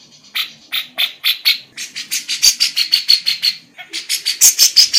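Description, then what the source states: Grey-cheeked bulbul giving harsh, buzzy chattering notes, first spaced, then quickening into a rapid run of grating pulses. Female.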